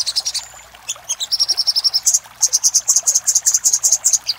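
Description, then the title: Little spiderhunter singing a steady series of bright, high chips, the notes rising in pitch about halfway. Master recording used for training cage birds. "Masteran Burung Sogok Ontong Labaik"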